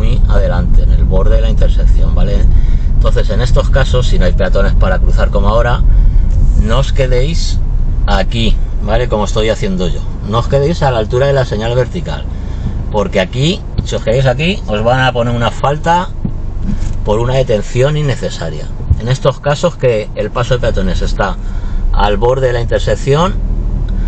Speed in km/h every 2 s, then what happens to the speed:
22, 20, 17, 7, 0, 0, 0, 0, 0, 0, 0, 0.
0-7 slows to 0. 7-22 standing.